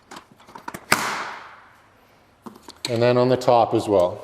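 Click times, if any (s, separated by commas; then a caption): 0.9 s. A metal support leg on a collapsible Strobepro 5-in-1 Litepanel reflector frame is slid down and pushed into its lock on the second side, the same locking step as the first side. A few light handling clicks lead into a sharp, loud snap at 0.9 s as the leg locks into place, with a bright ring that fades over about a second. Someone then talks.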